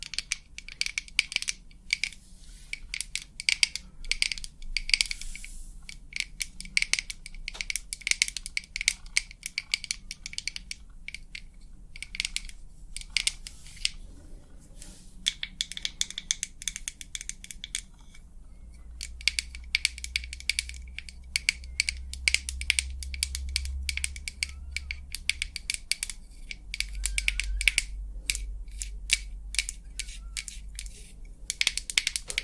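Rapid, crisp tapping runs almost without pause, bright, dry clicks in dense irregular bursts. The taps thin out briefly around the middle, then return just as busy. A low hum swells underneath in the later part, roughly from 19 to 30 seconds.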